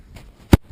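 A plastic cluster trim piece on a Honda Civic dashboard is pressed back in so its tabs clip into the dashboard. A faint knock comes at 0.2 s, then a single sharp, loud click at 0.5 s as the tabs seat. The trim piece is seated.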